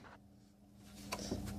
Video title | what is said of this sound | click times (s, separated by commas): How to remove (and re-install) BMW 3-series fan shroud | It actually clicks right into place. | 1.1 s